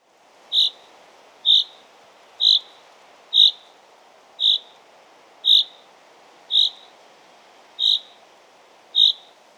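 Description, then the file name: Common chaffinch calls: nine short, sharp metallic notes, evenly repeated about once a second over a low steady background hiss. "Fringilla coelebs"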